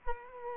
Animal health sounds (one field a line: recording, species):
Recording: mosquito wingbeat signal from an infrared sensor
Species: Culex quinquefasciatus